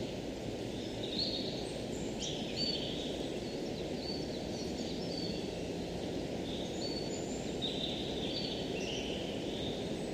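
Wind blows steadily through a forest, a dense low rustle and roar of leaves that never lets up. Over it, birds sing in short bright whistles and chirps, scattered every second or so, heard throughout.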